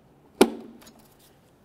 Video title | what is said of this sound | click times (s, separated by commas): How to Replace Hood Release Cable & Handle 2005-2010 Chevrolet Cobalt | Line it up, press it in, listen for a click. Give it | 0.4 s